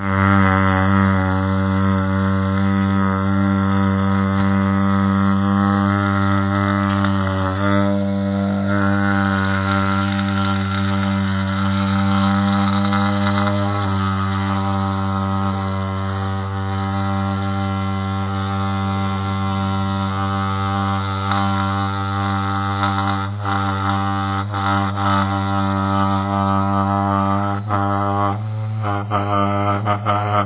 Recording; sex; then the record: sustained vowel /a/; male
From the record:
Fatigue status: no fatigue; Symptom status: symptomatic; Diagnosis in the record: COVID-19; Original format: 3gp